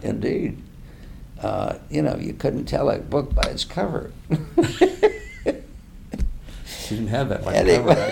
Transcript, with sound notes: Indeed. You know, you couldn’t tell a book by it’s cover. [laughter]
She didn’t have that much covered.